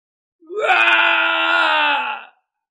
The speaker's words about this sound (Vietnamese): Truyền đến một tiếng thét to không cam lòng, Thạch Trung Hiên bay tung lên, ngã xuống trong vần hào quang chói mắt.